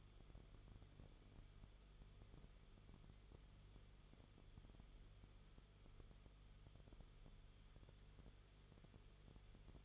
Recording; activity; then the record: daily activity, microphone in the room; no activity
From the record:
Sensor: 4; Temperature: 22.9 degrees Celsius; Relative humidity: 34.5%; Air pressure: 1011.5 hPa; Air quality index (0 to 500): 193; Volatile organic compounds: 13 ppm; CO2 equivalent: 2389 ppm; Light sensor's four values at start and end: 2/3/1/1 and 2/3/1/1